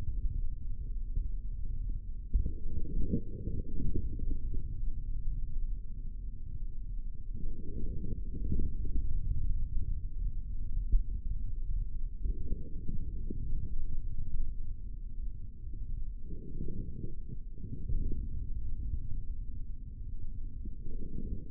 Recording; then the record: forearm muscle sounds (acoustic myography)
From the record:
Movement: forearm pronation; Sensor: system 3, bracelet of six PUI Audio POM-2738L microphones around the upper forearm, with dedicated amplification and filtering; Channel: 6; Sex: male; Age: 25 years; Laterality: right